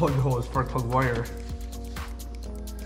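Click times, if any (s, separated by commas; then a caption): 2.0 s. A spark plug wire's rubber boot is pushed down onto the spark plug in the cylinder head of a Subaru 2.5 SOHC Impreza engine after the valve cover is reinstalled, while someone talks over background music. A sharp click at 1.9 s marks the boot seating onto the plug.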